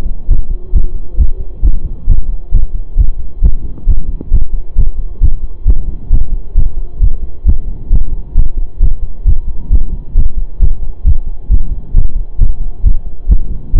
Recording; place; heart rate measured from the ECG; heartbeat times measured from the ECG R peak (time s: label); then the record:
heart sounds by stethoscope; between the tricuspid and mitral areas; 134 bpm
0.29 s: heartbeat
0.74 s: heartbeat
1.18 s: heartbeat
1.63 s: heartbeat
2.08 s: heartbeat
2.53 s: heartbeat
2.98 s: heartbeat
3.43 s: heartbeat
3.87 s: heartbeat
4.32 s: heartbeat
4.77 s: heartbeat
5.22 s: heartbeat
5.66 s: heartbeat
6.11 s: heartbeat
6.56 s: heartbeat
7.01 s: heartbeat
7.46 s: heartbeat
7.91 s: heartbeat
8.36 s: heartbeat
8.81 s: heartbeat
9.26 s: heartbeat
9.71 s: heartbeat
10.16 s: heartbeat
10.61 s: heartbeat
11.05 s: heartbeat
11.50 s: heartbeat
11.95 s: heartbeat
12.39 s: heartbeat
12.84 s: heartbeat
13.29 s: heartbeat
13.74 s: heartbeat
From the record:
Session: pedaling a stationary bicycle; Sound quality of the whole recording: saturated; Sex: male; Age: 25 years